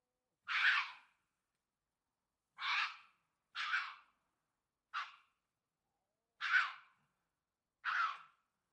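Fox barks: six harsh, hoarse single barks spaced one to two seconds apart, with silence between them.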